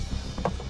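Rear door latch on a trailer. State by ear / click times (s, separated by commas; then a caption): not seated / none. A crew pushes the damaged metal rear door of a trailer shut to stiffen the structure, and a short dull bump sounds at about 0.5 s over low background rumble. The latch on one side does not engage, and nothing has clicked or caught.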